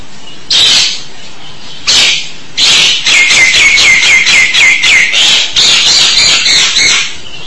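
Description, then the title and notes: Starling delivering two harsh bursts, then a rapid run of rasping notes, several with falling whistled tails, repeated several times a second. "suara burung jalak"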